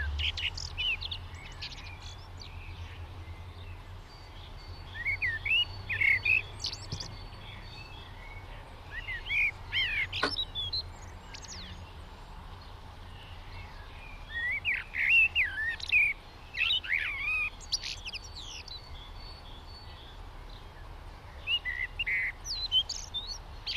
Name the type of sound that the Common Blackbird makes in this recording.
song